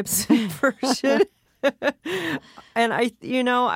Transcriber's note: soundbite of laughter